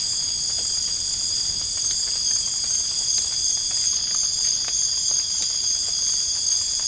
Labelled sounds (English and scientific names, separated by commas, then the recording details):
none
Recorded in dense forest near Puerto Asís, Putumayo, Colombia, on 27 June 2025 at 00:30
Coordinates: 0.481, -76.323
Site G072